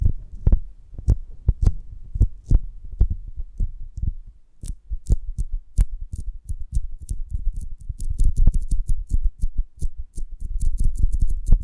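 ASMR handling of a honeycomb on a branch: a run of soft, dull taps and thumps with low weight, coming in irregular clusters. After about four seconds they grow denser and crisper, with bright clicks and snips laid over the low knocks until the end.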